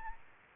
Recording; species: mosquito wingbeat signal from an infrared sensor; Aedes aegypti